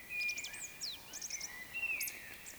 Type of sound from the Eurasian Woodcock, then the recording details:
whistle, croak. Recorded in Baden-Württemberg, Germany, on 20 May 2021 at 19:22 UTC. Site 24606, 635 m above sea level